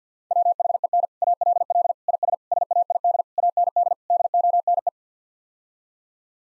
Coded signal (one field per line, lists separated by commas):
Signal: Morse code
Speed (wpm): 50 wpm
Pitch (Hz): 700 Hz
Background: none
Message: WHEN ALL IS SAID AND DONE